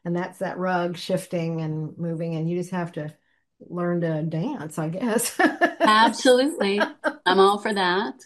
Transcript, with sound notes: And that's that rug shifting and moving, and you just have to learn to dance, I guess.
(laughs)
Absolutely. I'm all for that.